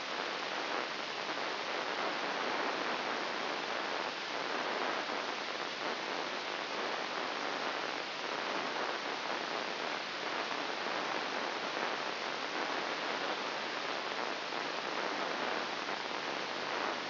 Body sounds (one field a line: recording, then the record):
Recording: brain microelectrode recording played as sound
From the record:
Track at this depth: inside the subthalamic nucleus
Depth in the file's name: 2.604 mm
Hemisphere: right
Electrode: 3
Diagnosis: Parkinson's disease